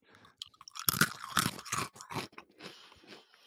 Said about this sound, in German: Okay, ich mache jetzt einmal meine Brezel hier auf, damit wir mal ein bisschen Atmo haben. Ja, ich esse schon ganz, ganz still. Ich habe nämlich alle mit Bier und Brezeln versorgt, weil, genau, das schön schmatzen und knacksen.